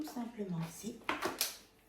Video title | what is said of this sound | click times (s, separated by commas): HAUL UNBOXING ILIFE W90/ASPIRATEUR-LAVEUR/2025/Je teste pour vous cet aspirateur 3 EN 1 ! | Vous avez entendu le clip ? Et voilà. | 1.4 s